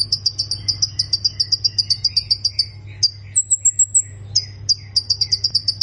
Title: Ciblek Sawah